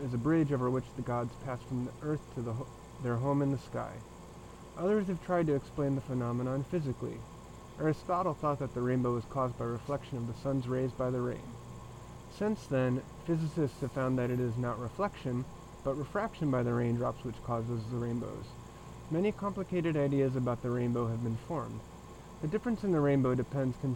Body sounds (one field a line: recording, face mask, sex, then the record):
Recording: reading aloud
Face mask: surgical mask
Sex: male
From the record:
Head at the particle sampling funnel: turned sideways, cheek in front of it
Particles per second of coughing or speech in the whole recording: 1.54